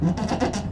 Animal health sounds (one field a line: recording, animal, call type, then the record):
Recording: contact call of a hoofed animal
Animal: goat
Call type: low-frequency (closed-mouth) or high-frequency (open-mouth) call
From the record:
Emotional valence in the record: positive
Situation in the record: food anticipation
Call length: 0.72 s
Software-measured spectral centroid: 2040 Hz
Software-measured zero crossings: 1230 a second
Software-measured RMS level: -24 dBFS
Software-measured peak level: -9 dBFS